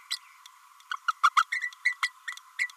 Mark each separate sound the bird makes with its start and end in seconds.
0.10-0.16, 0.91-0.94, 1.08-1.12, 1.23-1.30, 1.36-1.43, 1.52-1.61, 1.85-1.97, 2.02-2.11, 2.27-2.36, 2.58-2.69